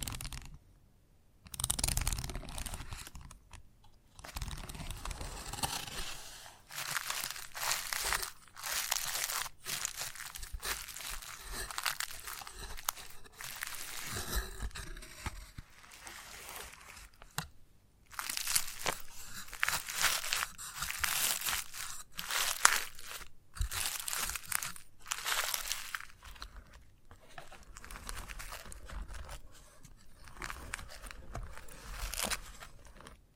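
Chalk scraping and scratching, with dense gritty strokes that come in bursts of a second or two, separated by brief silences. Sharper crunchy hits and taps punctuate the scratching, which stays bright and rough, with a few heavier thuds near the start and middle.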